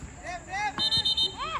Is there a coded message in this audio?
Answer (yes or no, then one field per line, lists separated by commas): no